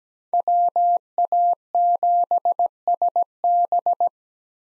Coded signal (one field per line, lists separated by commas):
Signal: Morse code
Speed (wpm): 17 wpm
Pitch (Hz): 700 Hz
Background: none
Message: WA7SB